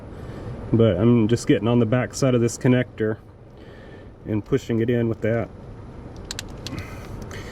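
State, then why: Seated. Someone talks while a small tool pushes a wire terminal pin from the back side into a plastic transmission wiring harness connector housing during a 4L80E transmission swap on a 2003 Chevy Suburban. Sharp clicks are heard at 6.3 and 6.4 seconds as the terminal locks into the housing, and the terminal is seated.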